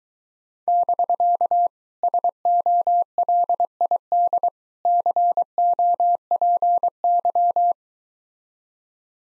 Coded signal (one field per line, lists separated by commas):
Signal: Morse code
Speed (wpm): 23 wpm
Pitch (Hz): 700 Hz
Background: none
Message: <BK> SOLID COPY